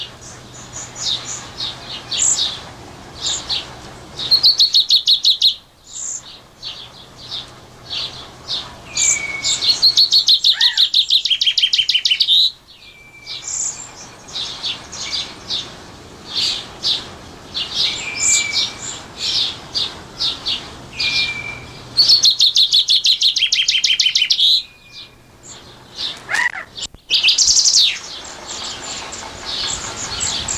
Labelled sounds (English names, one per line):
Common Chaffinch song